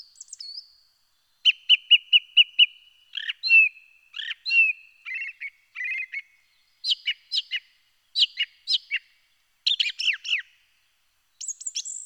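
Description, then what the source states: Song Thrush song: a clear note repeated several times, followed by varied whistled and harsh phrases, ending with high shrill notes. Song with many shrill, piercing tones; song thrushes have different song types and are known for repeating phrases.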